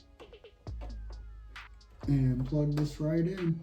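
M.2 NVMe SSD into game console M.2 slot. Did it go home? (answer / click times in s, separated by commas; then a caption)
no / none. An M.2 NVMe SSD is brought to the M.2 slot of a PS5 game console and lined up with the slot's notches before insertion. A few faint handling taps are heard over a low hum, and then someone talks. The drive has not been plugged in, and nothing has seated or clicked yet.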